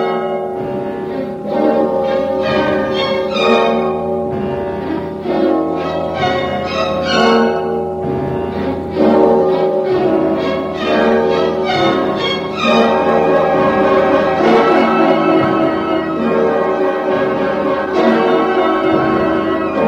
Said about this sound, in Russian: И вслед за тем в радиорупоре грянули колокола и заиграла хриплая музыка.